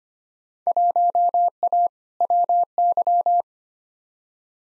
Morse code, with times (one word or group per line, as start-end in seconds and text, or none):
0.7-1.9 1A
2.2-3.4 WY